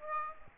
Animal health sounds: mosquito wingbeat signal from an infrared sensor; Aedes aegypti

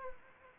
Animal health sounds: mosquito wingbeat signal from an infrared sensor; Anopheles gambiae

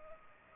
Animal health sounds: mosquito wingbeat signal from an infrared sensor; Culex pipiens

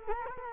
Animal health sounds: mosquito wingbeat signal from an infrared sensor; Culex quinquefasciatus

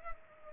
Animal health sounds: mosquito wingbeat signal from an infrared sensor; Culex pipiens

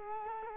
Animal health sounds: mosquito wingbeat signal from an infrared sensor; Culex quinquefasciatus

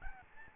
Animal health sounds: mosquito wingbeat signal from an infrared sensor; Aedes albopictus

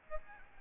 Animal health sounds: mosquito wingbeat signal from an infrared sensor; Aedes albopictus

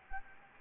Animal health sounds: mosquito wingbeat signal from an infrared sensor; Anopheles gambiae

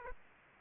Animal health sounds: mosquito wingbeat signal from an infrared sensor; Aedes aegypti

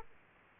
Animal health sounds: mosquito wingbeat signal from an infrared sensor; Aedes aegypti

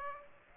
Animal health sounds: mosquito wingbeat signal from an infrared sensor; Aedes aegypti

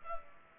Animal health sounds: mosquito wingbeat signal from an infrared sensor; Culex pipiens

